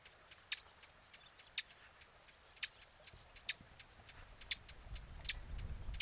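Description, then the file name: Eurasian blackcap tack calls, hard clicking notes roughly once a second, with faint ticks between and a low rumble rising near the end. "Sylvia atricapilla"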